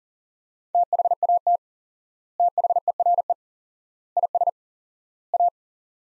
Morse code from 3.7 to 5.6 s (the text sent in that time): IS A